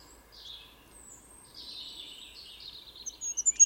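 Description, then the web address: Bird chirps in high, slurred notes drifting between high and very high pitch, thickening into a busy run midway, then sharp loud clicks near the end. "Bird Only"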